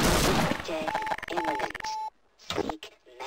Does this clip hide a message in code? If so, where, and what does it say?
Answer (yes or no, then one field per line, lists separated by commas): no